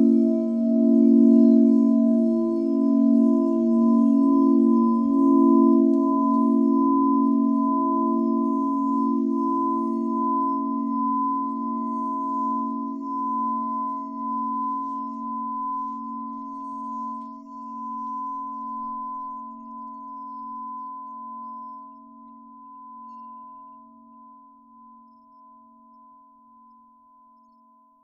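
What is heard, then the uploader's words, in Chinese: A crystal singing bowl rings out in one long sustained tone, its low hum wavering and beating slowly while a clear higher overtone hovers steadily above. The sound starts full, then fades gradually over the whole half minute without being struck again. 水晶钵音乐。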